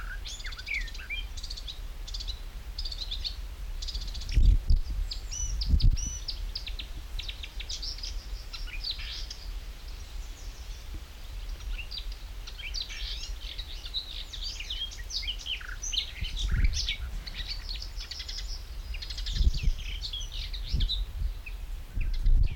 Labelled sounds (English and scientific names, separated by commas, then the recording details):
Icterine Warbler (Hippolais icterina)
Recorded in the wild
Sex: male
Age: adult
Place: Kremmen, Brandenburg, DE
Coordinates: 52.76, 13.03
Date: 1995-06-03 15:40
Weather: heiter, 18-20°C
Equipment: Marantz CP 430, Sennheiser ME 80, Kopie Uher 4000 Report Monitor
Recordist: Tembrock, Günter